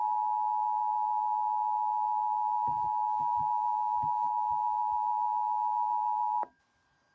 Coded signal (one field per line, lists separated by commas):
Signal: Emergency Alert System (SAME) tones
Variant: 853 and 960 Hz attention tone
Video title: FIRST TEST OF SPRING APRIL 2023 (EAS #04-05) EAS Tests from 04/06/2023 (BHV) (Pretend the Public)